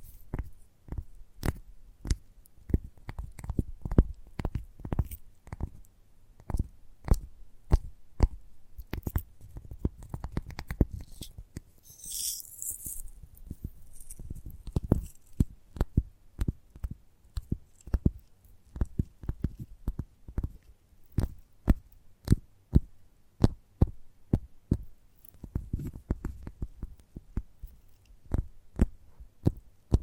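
Gentle tapping runs steadily through the whole clip, quick soft taps with a low thumping body and sharp little tips, sometimes clustering into brief flurries. Around the twelve-second mark a short bright hissing rustle rises above the taps, then fades.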